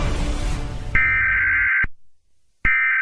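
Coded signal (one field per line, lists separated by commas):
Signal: Emergency Alert System (SAME) tones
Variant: header bursts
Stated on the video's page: Fan-made EAS scenario, not real.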